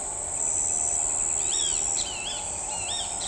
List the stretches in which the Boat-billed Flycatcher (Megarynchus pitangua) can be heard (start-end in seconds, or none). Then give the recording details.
1.34-3.28. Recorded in shrubland near Pivijay, Magdalena, Colombia, on 18 April 2023 at 05:30. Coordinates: 10.453, -74.365. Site P5-G022